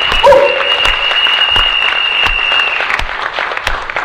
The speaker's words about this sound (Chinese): 给以上三个朋友再一次掌声。